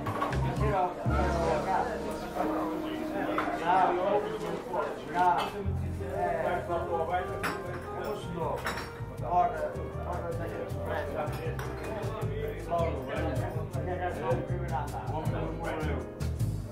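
Seaside cafe ambience: overlapping chatter from many voices runs continuously through the whole stretch, with scattered clinks of cups, dishes and cutlery every second or so. A low, uneven rumble sits beneath the talk, and the overall level stays fairly even.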